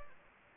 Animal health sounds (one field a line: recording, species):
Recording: mosquito wingbeat signal from an infrared sensor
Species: Anopheles gambiae